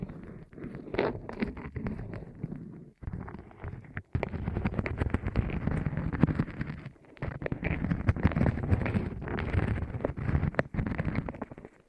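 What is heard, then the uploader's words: ASMR rolling sounds: a dense, crackly rumble with quick clicks and taps layered over a low, full body. The texture keeps shifting in loudness, broken by short pauses near three, four and seven seconds before the rolling resumes. ASMR Rolling On Your Ears (No Talking).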